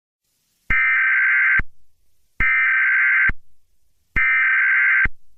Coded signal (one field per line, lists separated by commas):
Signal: Emergency Alert System (SAME) tones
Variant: header bursts